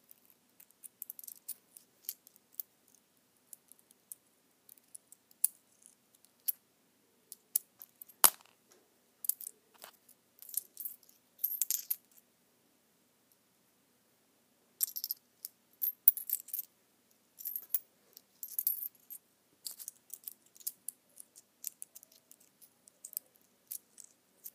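Toys rattle in short, bright, clicking bursts. The shaking comes in clusters, busy early on, pausing around 13–14 seconds, then resuming densely. One sharper knock lands near 8 seconds.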